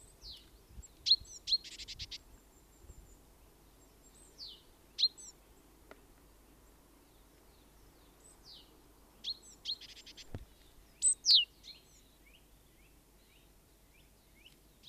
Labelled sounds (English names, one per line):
Great Tit call